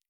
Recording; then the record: hydrophone in a shrimp aquaculture tank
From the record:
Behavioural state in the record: feeding